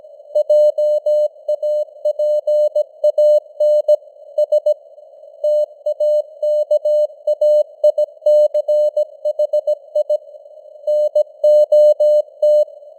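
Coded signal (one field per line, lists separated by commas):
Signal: Morse code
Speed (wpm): 17 wpm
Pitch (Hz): 600 Hz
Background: none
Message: JAPAN S TAKAICHI NOT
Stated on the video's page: News headlines sent in Morse at 17 wpm with simulated radio noise and varying signal strength (QSB); an experiment.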